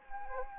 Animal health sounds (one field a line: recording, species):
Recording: mosquito wingbeat signal from an infrared sensor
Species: Anopheles arabiensis